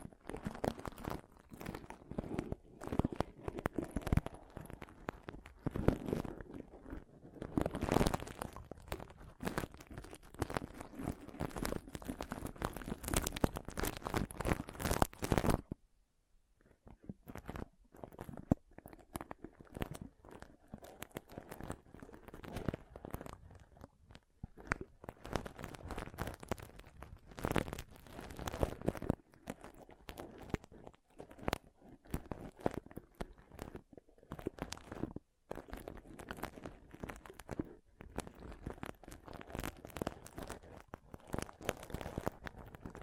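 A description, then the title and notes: Pom poms are squished and rubbed, making dense, crunchy rustling that crackles across low and bright tones. The first fifteen seconds are loud and busy; after a brief pause the scratching returns softer and more scattered, with short gaps between bursts. ASMR Ultimate Pom Pom Tingles (No Talking).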